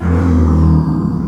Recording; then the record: squeal of a Yucatan mini pig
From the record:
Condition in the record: after surgery on the right vocal fold (resection and tissue-engineered implant); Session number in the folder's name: 16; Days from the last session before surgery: 183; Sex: female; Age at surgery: 19 weeks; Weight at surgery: 25 kg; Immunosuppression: prednisolone